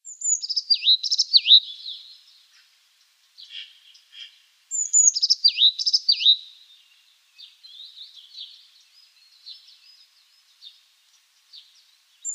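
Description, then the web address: Azure tit song: a high twittering phrase with swooping slurred whistles, given twice about five seconds apart and starting again at the end, with softer thin chips between phrases. "Schulze Peter Azure Tit song"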